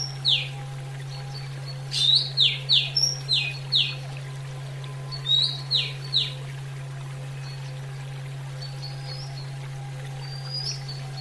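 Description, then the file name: Oriental magpie-robin giving a string of fast descending whistled notes early on, a shorter group of them later, then scattered thin high whistles, with a low constant hum throughout. Female bird. "kacer betina"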